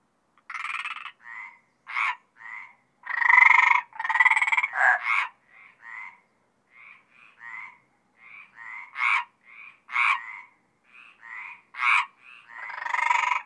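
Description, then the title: Mediterranean tree frogs giving short croaks, some loud and rasping, others softer and brief, spaced irregularly with quiet gaps between them. Several Mediterranean tree frogs calling at Apt, Vaucluse, in June 2010. "Sylvain Jaskowiak - Animus. Rainettes méridionales - Apt, Vaucluse - juin 2010"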